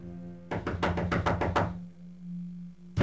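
A quick series of about seven firm knocks on a connecting door in a steady rhythm, followed by quiet with a low steady hum and one more thump at the very end.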